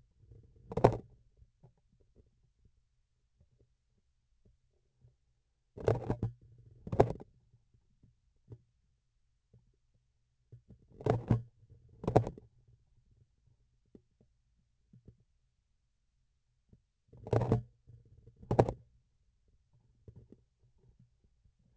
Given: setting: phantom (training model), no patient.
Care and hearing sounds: laparoscopic instrument, vibration sensor on the handle end; grasping forceps; opening and closing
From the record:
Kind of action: tool actuation without material contact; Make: other than Olympus

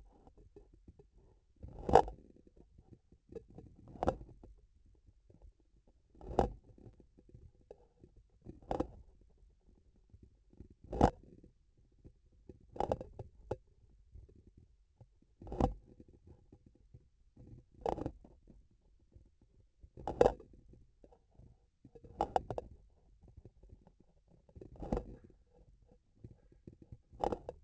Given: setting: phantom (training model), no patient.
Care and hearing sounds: laparoscopic instrument, vibration sensor on the handle end; grasping forceps; opening and closing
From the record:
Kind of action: tool actuation without material contact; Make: Olympus

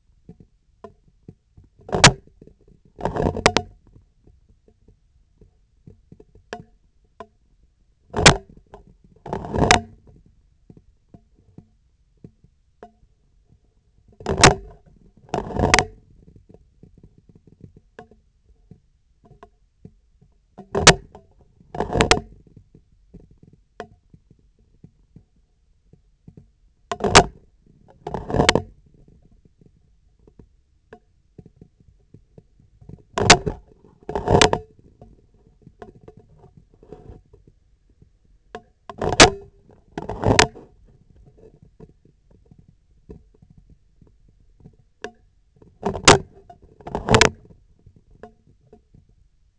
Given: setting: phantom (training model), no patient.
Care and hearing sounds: laparoscopic instrument, vibration sensor on the handle end; scissors; opening and closing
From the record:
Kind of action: tool actuation without material contact

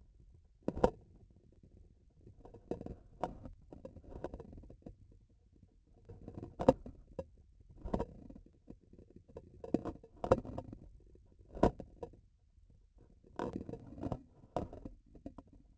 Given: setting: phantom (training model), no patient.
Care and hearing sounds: laparoscopic instrument, vibration sensor on the handle end; grasping forceps; opening and closing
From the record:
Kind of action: tool actuation without material contact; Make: Olympus

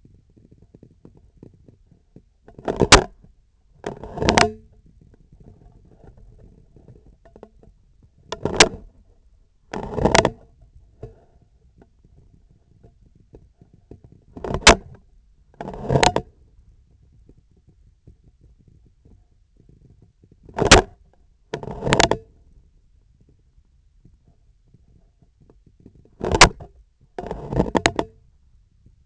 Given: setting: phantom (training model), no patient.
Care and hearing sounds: laparoscopic instrument, vibration sensor on the handle end; scissors; opening and closing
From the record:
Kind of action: tool actuation without material contact

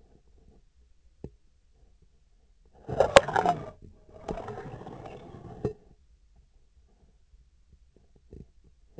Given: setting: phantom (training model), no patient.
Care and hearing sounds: laparoscopic instrument, vibration sensor on the handle end; scissors; approaching and retracting movements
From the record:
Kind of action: spatial motion

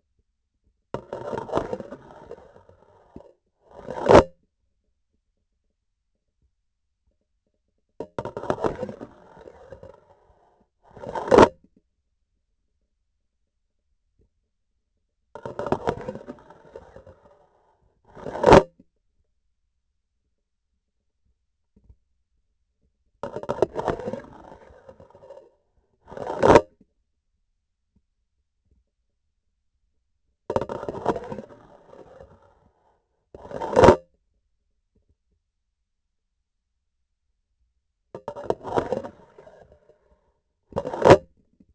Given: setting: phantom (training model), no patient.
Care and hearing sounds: laparoscopic instrument, vibration sensor on the handle end; grasping forceps; insertion and removal through the trocar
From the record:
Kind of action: spatial motion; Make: other than Olympus

